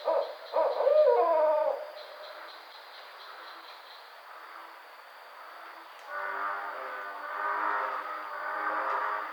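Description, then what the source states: Barred owl calling, a short burst of low, harmonic hooting notes in the first two seconds, then a quieter stretch with soft background hiss that grows louder after six seconds. Recorded on 5 June 2009.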